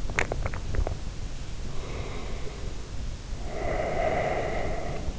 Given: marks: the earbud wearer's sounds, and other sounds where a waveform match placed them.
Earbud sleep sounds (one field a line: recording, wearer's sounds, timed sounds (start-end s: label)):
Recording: sounds in sleep by an in-ear microphone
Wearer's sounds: teeth grinding, breath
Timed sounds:
0.07-0.94 s: teeth grinding
1.78-4.81 s: breath